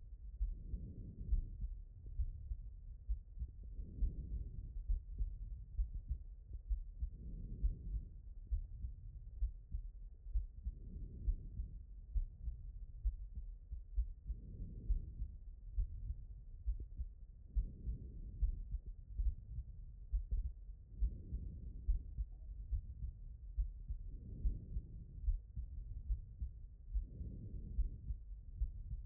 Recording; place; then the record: heart sounds by stethoscope; aortic valve (AV)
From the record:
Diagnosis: non-HFrEF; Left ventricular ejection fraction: 63%